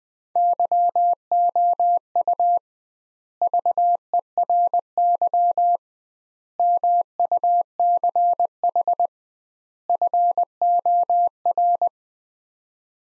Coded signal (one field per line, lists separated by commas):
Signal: Morse code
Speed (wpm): 21 wpm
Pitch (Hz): 700 Hz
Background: none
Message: YOU VERY MUCH FOR